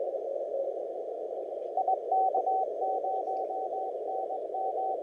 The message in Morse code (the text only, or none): IK0NM